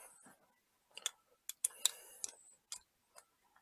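A green plastic locking spacer for an aux power splitter harness on a Harley is pressed down into its connector housing, making a series of sharp, bright plastic clicks around 1.1, 1.5, 1.9, 2.2 and 2.7 seconds. The spacer snaps fully home and seats with the loudest click at 1.7 seconds.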